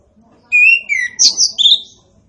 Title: Anis Kembang Gacor. Anis Kembang Punglor Kembang Ngeplong